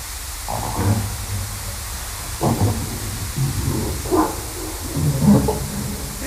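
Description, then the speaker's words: Harbor seal barking underwater: irregular gruff bursts spaced a second or two apart over a rushing underwater background. Underwater recording from Gullmarsfjorden, not the Baltic; described as song, sounding somewhat dog-like and labelled as barking. "Vi har lite knubbsäl, sång också."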